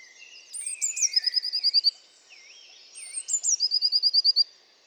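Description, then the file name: Eurasian blue tit delivering two phrases about two and a half seconds apart, each a few high notes and then a rapid ringing trill, over lower wavering notes. "Cyanistes caeruleus"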